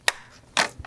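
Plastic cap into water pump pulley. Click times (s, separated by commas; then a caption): 0.1 s. A plastic cap that had been pried off the water pump pulley on a 2018–2024 Audi B9 S4/S5/S5 Sportback/SQ5 is pressed back into place by hand, giving a sharp click at 0.1 s as it snaps home and seats. A second broadband snap follows at about 0.6 s, then softer, lower knocks near 0.9 s.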